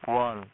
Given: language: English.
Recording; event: throat vibration sensor signal played as sound; speech